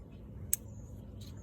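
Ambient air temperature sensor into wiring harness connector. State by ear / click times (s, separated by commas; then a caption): seated / 0.5 s. On a 2013 Dodge Journey SXT 3.6L being repaired for error code P0073, the ambient air temperature sensor is pushed into its wiring harness connector, which only fits one way thanks to its grooves. A single sharp, bright click at 0.5 s shows it seating into the harness plug, followed by a faint softer tick near 1.2 s over low background rumble. The sensor is seated and confirmed in place.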